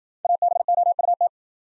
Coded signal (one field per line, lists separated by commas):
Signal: Morse code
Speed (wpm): 53 wpm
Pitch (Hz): 700 Hz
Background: none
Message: ABOUT